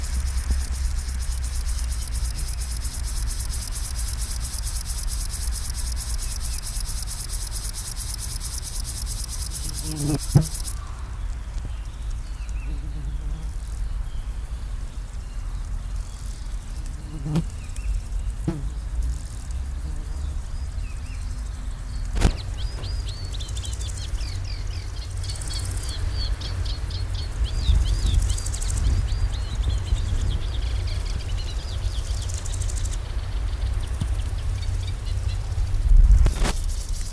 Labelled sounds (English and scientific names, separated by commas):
Upland Field Grasshopper (Chorthippus apricarius) stridulation